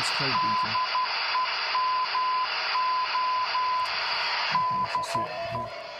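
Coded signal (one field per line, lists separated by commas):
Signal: Morse code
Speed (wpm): 12 wpm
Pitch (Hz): 1000 Hz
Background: speech, radio noise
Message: DEMO DE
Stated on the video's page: Software-defined transponder in development for a geostationary satellite, sending a CW and Phase-3 style standard beacon.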